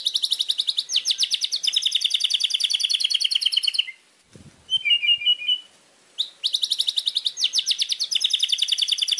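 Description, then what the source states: White-rumped shama song: long, fast buzzy trills broken by a pause holding a soft twittering phrase, then the rapid trills start again. Masteran song, a training recording used to teach birds to sing.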